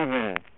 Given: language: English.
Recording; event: throat vibration sensor signal played as sound; speech